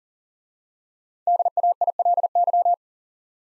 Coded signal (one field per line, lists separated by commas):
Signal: Morse code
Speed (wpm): 44 wpm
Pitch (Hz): 700 Hz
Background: none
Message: DAILY